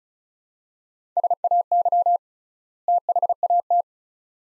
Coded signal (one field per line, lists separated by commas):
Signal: Morse code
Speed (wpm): 36 wpm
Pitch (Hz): 700 Hz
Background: none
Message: SAY THAT